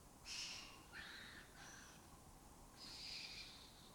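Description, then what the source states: Lesser kestrel calls, four harsh, drawn-out rasping notes at varied pitches, with a steady background hiss. Migratory raptor that forages in West Africa and breeds in southern Europe; a colony has taken over an abandoned building in Doñana.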